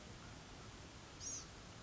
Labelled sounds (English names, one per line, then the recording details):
Blue-gray Gnatcatcher
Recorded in Sonoma County, California